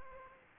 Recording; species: mosquito wingbeat signal from an infrared sensor; Aedes aegypti